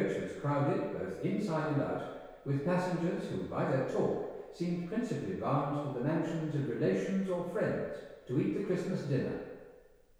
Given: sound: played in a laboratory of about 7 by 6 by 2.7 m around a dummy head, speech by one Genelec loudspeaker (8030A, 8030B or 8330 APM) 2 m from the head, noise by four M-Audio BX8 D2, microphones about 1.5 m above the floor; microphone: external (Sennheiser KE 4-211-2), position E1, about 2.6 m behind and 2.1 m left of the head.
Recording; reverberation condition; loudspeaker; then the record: male speech in English; high; behind (180 degrees)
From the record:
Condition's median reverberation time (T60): about 1300 ms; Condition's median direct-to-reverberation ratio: about -4.0 dB